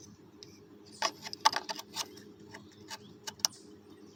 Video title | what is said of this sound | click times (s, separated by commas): 2012 Jeep Liberty 3.7l Purge Valve Replacement | you gotta hear it click and then push that in. Now this can't come off. | 3.4 s